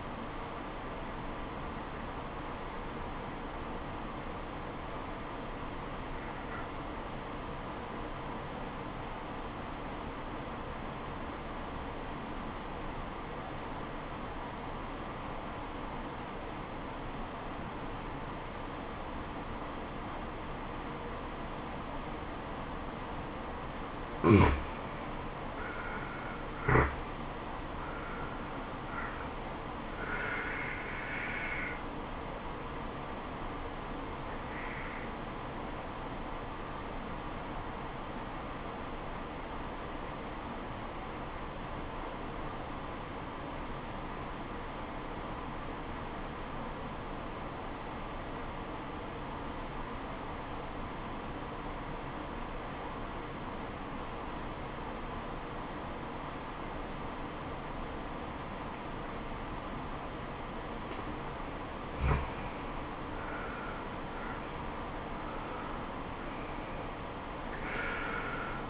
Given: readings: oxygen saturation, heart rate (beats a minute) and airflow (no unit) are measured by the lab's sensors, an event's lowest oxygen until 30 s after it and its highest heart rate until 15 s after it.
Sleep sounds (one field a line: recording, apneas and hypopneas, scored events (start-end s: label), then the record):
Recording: breathing in sleep by a voice recorder at the bedside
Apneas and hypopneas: 2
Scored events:
4.00-25.40 s: obstructive apnea (N2, oxygen 95% highest, then 85% lowest, heart rate 68 at the start, 78 highest)
38.00-63.80 s: obstructive apnea (N2, oxygen 95% highest, then 82% lowest, heart rate 74 at the start, 78 highest)
From the record:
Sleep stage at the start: N2 (light sleep)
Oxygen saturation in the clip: 85 to 95%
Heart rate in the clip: 66 to 78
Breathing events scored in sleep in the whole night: 426 in 7.4 hours asleep